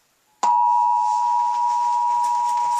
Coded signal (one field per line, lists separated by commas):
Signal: Emergency Alert System (SAME) tones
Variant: 853 and 960 Hz attention tone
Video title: Television: Emergency Action Notification (EAS #2)